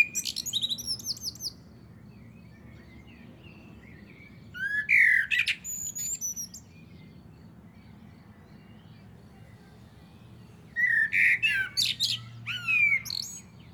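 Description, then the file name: Common blackbird singing: a high twittering burst, then a long pause, a fluted warble ending in squeaky notes, another silence and a final warbled phrase. "Turdus merula"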